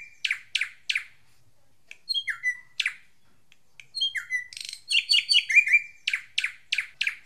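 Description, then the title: Drongo calling with sharp repeated chips, whistled notes dropping in pitch, and a rapid series of varied notes. "Suara Srigunting. Hobiburung"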